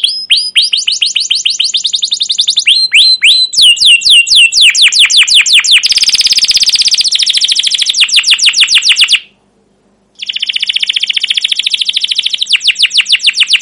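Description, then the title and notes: Canary song of rapid descending chirps merging into a dense buzzing roll, an one-second silence, then another sustained rolling trill to the end. Caged canary song used as a lure to stimulate and tutor young canaries learning sounds; style described as cuit cuit, ngerol, gacor panjang (long continuous rolling chirps). "CUIT CUIT NGEROL LANGSUNG GACOR PANJANG Kenari Ini AMPUH Utk Pancingan KENAR. PANCINGAN Kenari GACOR PANJANG Cuit CUIT EMOSI ini AMPUH utk MASTERAN Kenari PAUD belajar BUNYI. burung kenari"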